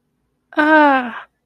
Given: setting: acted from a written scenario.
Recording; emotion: vocal sound without words; distress